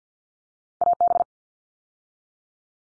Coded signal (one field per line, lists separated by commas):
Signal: Morse code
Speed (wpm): 50 wpm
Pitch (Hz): 700 Hz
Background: none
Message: AB